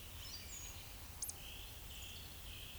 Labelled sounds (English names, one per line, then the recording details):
Eurasian Woodcock whistle
Eurasian Woodcock croak
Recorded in Baden-Württemberg, Germany, on 10 May 2021 at 19:19 UTC
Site 24606, 635 m above sea level